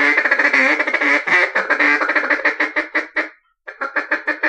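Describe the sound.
Mallard giving a long series of harsh quacks, fast and fairly steady, breaking off briefly near the end before resuming with a few more.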